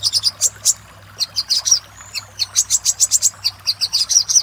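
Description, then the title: Little spiderhunter song: bursts of piercing high chips, a brief gap with a faint thin whistle, then a lively run of repeated notes. Master song used to train cage birds. "Masteran Burung Sogok Ontong Labaik"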